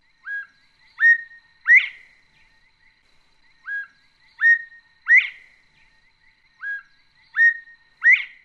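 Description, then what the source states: Northern Bobwhite whistled call: a short low note, a second clear note, then a sharply rising whistle. The three-note phrase repeats three times, about every three seconds, in quiet surroundings. Played back from a bird song book; call sounds like its name, 'bob white'; recorded with a portable field recording system; clear whistles carry well in the shrub habitat bobwhites live in.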